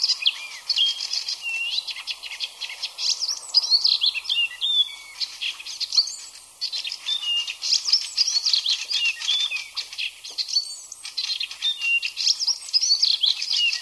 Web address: ljud Hippolais icterina